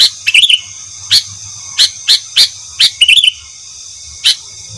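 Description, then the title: Sooty-headed bulbul chirps, short bright notes given singly or in quick clusters at uneven gaps, some with sharp click-like onsets. "Kutilang"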